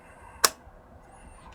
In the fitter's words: that easy and then you hear a click and then it's properly tailored and it's properly attached nice and